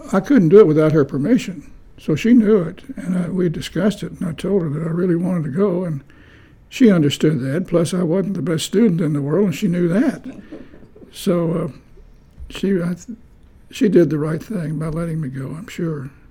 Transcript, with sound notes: I couldn’t do it without her permission, so she knew it, and I, we discussed it and I told her that I really wanted to go and she understood that, plus I wasn’t the best student in the world and she knew that [chuckles] so…she got, she did the right thing by letting me go, I’m sure.